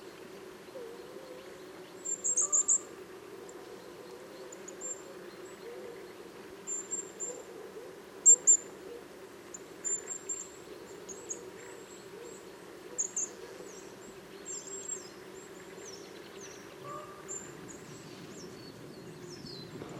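Many birds call through a sunny morning, with short high chirps and trills coming every second or two, loudest around 2, 8 and 13 seconds. Beneath them runs a steady low rumble of aircraft noise, with lower warbling calls mixed in.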